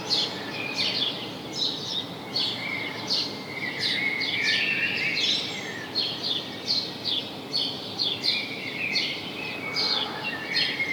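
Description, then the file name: House sparrow chirping in irregular bursts of short bright notes, with a lower warbling sound midway, all above a steady hiss. "Passer domesticus"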